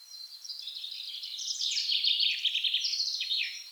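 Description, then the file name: Common chaffinch song: a continuous string of high notes that swells into a loud, rattling trill and falls away in a closing flourish. "Fringilla coelebs"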